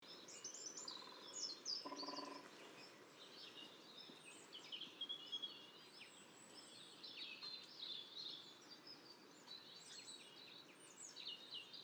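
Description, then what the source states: European green woodpecker drumming, a single short rapid rattle of taps near two seconds, while several songbirds chirp and trill steadily in the background. Light drumming.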